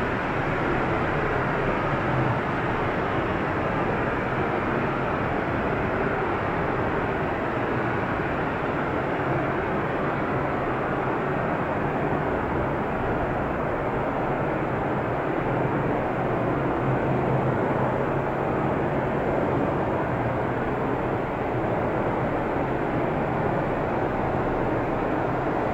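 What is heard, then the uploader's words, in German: A car drives through a tunnel, its engine and tyre roar forming a steady, dense rumble that fills the whole clip. The sound stays even from start to finish, low and full with a bright hiss above, with no distinct events or pauses. Mental Escape Pod - Auto im Tunnel nach Laterns.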